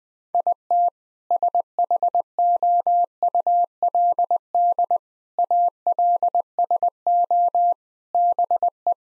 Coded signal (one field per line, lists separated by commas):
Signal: Morse code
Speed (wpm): 20 wpm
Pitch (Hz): 700 Hz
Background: none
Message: IT SHOULD ALSO BE